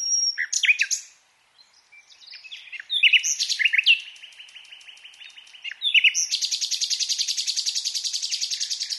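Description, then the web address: Common nightingale song with sharp chirps, a silent gap, rising sweeps, then a long steady trill of rapidly repeated notes. "SETE Luscinia megarhynchos"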